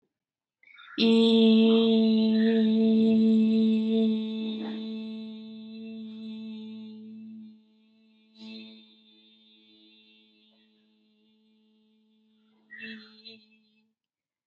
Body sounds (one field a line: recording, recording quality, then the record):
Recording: sustained vowel as in beet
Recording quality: excellent, no background noise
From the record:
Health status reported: healthy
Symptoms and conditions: none ticked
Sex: female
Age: 20 years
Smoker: not ticked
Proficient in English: yes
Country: India